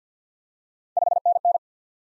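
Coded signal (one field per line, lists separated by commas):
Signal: Morse code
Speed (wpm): 50 wpm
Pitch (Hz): 700 Hz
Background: none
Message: 5NN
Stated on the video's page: Morse practice drill of common QSO elements at 50 wpm; each element sent in Morse, spoken, then sent again.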